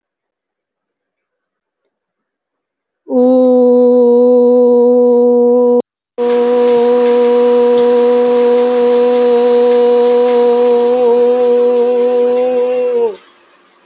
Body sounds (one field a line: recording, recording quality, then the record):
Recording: sustained vowel as in boot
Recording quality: excellent, no background noise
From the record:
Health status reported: healthy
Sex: female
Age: 49 years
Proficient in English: yes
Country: India